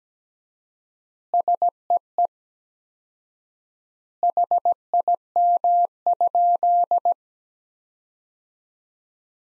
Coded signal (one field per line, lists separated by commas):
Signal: Morse code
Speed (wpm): 17 wpm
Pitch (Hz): 700 Hz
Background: none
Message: SEE HIM?